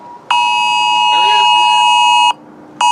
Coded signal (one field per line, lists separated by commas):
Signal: Emergency Alert System (SAME) tones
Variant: 853 and 960 Hz attention tone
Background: speech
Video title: 2023 National Periodic Test on Several Radio Stations and WEA Activation (EAS #3613-3620)